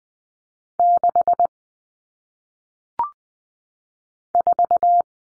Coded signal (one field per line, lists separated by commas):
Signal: Morse code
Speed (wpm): 20 wpm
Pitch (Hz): 700 Hz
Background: none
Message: 6 4